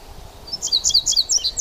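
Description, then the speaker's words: Indigo Bunting song, a run of bright, high paired notes repeated quickly over about a second, with faint background hiss. Male singing from a conifer on a mountain trail; repetitive three-parted song that he sings all the time. "But that's his song, that sort of repetitive three-parted song, you know, da-da-da-da-da-da."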